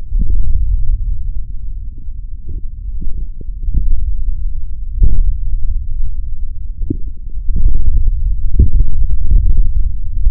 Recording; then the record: forearm muscle sounds (acoustic myography)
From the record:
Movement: tripod grip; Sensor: system 3, bracelet of six PUI Audio POM-2738L microphones around the upper forearm, with dedicated amplification and filtering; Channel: 1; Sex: male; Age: 23 years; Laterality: right